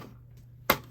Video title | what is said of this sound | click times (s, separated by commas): Automatic battery machine | unfortunately it doesn't snap into place as well as I'd like | 0.7 s